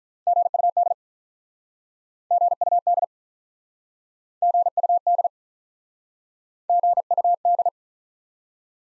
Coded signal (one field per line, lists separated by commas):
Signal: Morse code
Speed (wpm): 48 wpm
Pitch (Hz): 700 Hz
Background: none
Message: GUD GUD GUD GUD